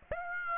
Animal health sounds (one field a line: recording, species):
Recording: mosquito wingbeat signal from an infrared sensor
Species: Aedes aegypti